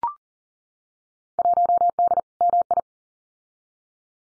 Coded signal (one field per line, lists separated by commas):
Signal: Morse code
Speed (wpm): 38 wpm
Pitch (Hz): 700 Hz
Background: none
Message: 1D MI